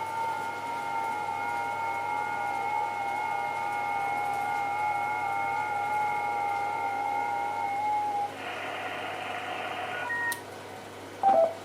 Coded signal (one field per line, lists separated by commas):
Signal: FT8